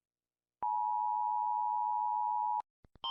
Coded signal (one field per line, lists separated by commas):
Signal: Emergency Alert System (SAME) tones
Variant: 853 and 960 Hz attention tone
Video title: Rating EAS alarms